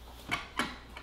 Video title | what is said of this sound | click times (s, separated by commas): 2022 Home Theater Seating Chairs with POWER EVERYTHING | cables and slide in the back cushion you'll see the spring click in | 0.3 s, 0.6 s